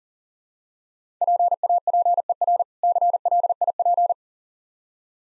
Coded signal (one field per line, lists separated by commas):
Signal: Morse code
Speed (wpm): 40 wpm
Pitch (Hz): 700 Hz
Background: none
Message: PAPER CLIP